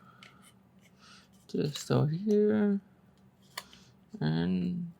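Someone talks while holding the plastic cover over the battery box of a 1:8 scale Porsche 911 model car, with faint handling rustles and a sharp tick near 3.6 s. Nothing has seated or clicked into place yet.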